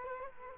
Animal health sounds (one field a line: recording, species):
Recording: mosquito wingbeat signal from an infrared sensor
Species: Culex quinquefasciatus